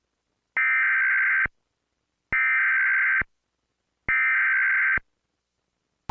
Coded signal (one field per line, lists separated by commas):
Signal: Emergency Alert System (SAME) tones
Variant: header bursts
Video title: EAS 15: Child Abduction Emergency (AMBER Alert) issued for Arizona